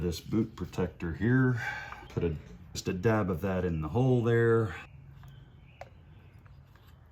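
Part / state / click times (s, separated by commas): ignition coil boot onto spark plug in cylinder head / seated / 5.8 s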